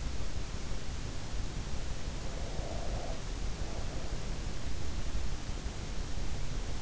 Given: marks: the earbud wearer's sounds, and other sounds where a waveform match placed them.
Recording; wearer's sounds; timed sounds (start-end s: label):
sounds in sleep by an in-ear microphone; breath
2.27-4.33 s: breath